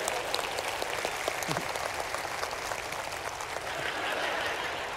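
An audience applauds steadily for about five seconds, a dense, even wash of many hands clapping at moderate loudness, with no clear voices rising above it.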